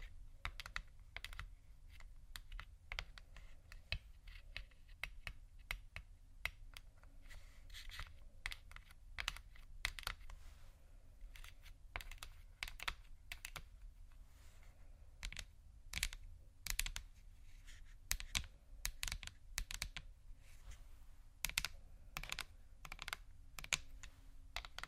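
Slow scratching and tapping on textured surfaces, made of sharp, crisp clicks scattered unevenly across the whole stretch, some in quick bunches and others spaced apart. Under the taps sits a soft, steady low rumble, and the pace stays about the same throughout.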